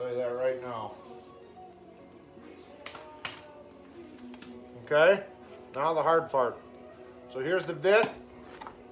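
A driver bit is handled at an impact tool before being fitted, with brief sharp taps and knocks near 2.9, 3.3, 4.3 to 4.4 and 8.6 seconds while someone talks. The bit has not yet locked into the tool, and nothing has seated or clicked by the end of the clip.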